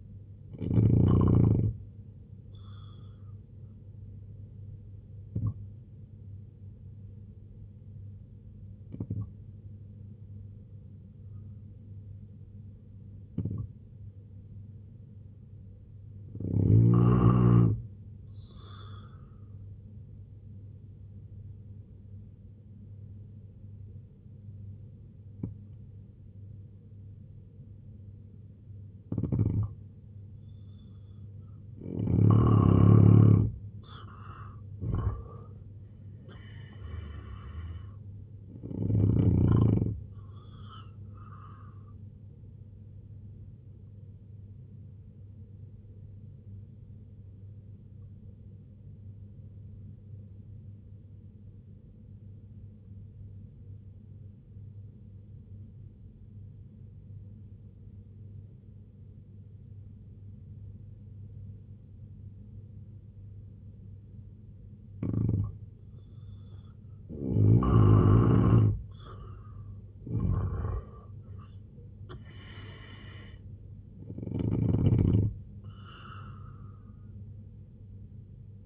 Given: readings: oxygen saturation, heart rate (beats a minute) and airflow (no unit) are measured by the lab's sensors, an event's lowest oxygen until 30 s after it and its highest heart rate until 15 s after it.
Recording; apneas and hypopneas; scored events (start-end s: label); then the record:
breathing in sleep by a smartphone at the bedside; 3
4.00-19.20 s: hypopnea (N2, oxygen 91% highest, then 88% lowest, heart rate 77 at the start, 77 highest)
25.00-37.10 s: hypopnea (N2, oxygen 90% highest, then 86% lowest, heart rate 68 at the start, 90 highest)
44.00-63.50 s: obstructive apnea (N2, oxygen 93% highest, then 83% lowest, heart rate 72 at the start, 93 highest)
From the record:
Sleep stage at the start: N2 (light sleep); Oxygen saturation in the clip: 84 to 93%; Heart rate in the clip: 64 to 93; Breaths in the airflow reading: 9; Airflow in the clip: -10.5 to 7.0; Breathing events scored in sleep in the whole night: 258 in 7.4 hours asleep